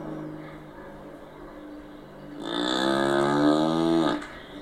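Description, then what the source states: Cow mooing: one long, rich, drawn-out moo that swells and then drops away, over a steady low hum. Several cows in a stable.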